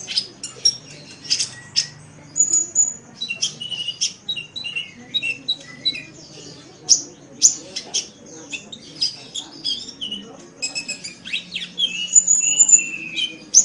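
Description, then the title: Oriental magpie-robin pouring out a long varied song of whistles, chirps and scratchy notes. "Kicau Kacer"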